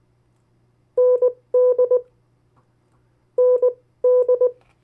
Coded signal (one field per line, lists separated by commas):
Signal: Morse code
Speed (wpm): 19 wpm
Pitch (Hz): 500 Hz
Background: none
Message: ND ND